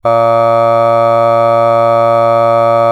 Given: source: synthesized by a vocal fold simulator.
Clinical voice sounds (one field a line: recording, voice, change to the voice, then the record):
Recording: sustained vowel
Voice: male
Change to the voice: aspiration noise (breathiness), level 3 of 10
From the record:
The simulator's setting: 0.37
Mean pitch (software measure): 115 Hz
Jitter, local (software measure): 0.24%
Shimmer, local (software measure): 1.4%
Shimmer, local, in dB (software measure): 0.12 dB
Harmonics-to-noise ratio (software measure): 28.6 dB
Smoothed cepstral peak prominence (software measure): 21.8 dB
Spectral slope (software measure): -17.2 dB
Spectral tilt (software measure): -9.3 dB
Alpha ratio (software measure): -7.6 dB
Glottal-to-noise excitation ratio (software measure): 0.992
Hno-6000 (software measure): 2.3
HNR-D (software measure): 24.1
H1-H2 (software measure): 4.9 dB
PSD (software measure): 2.2e-05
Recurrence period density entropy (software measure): 0.109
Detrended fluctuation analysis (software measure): 0.0546